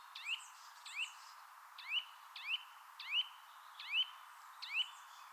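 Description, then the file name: Eurasian nuthatch calling: seven clear rising whistles in a row, spaced a little under a second apart. "Sitta europaea"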